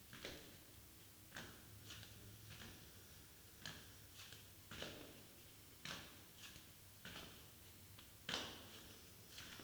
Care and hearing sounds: daily activity, guitar pickup as the sensor; go downstairs

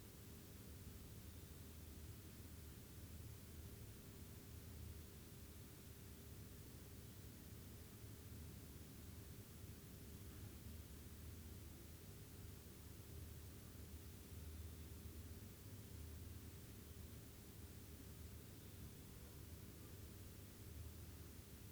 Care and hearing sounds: daily activity, guitar pickup as the sensor; stand

